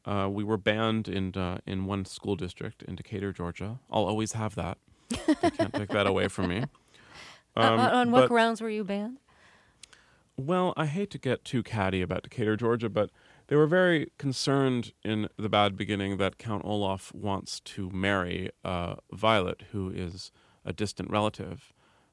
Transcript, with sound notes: We were banned in one school district in Decatur, Ga. I'll always have that.
(Laughter).
They can't take that away from me.
On what grounds were you banned?
Well, I hate to get too catty about Decatur, Ga. But they were very concerned in "The Bad Beginning" that Count Olaf wants to marry Violet, who is a distant relative.